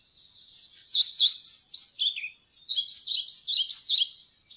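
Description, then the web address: European pied flycatcher giving two linked song phrases of quick, sweet, downward-flicking notes, the first ending lower, the second a fast alternating series. "fuglelyder svarthvit-fluesnapper"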